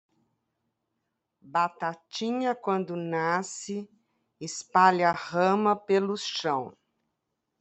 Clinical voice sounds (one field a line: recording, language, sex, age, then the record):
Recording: short text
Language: Brazilian Portuguese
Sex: female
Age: 60 to 69 years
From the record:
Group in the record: control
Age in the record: 68 years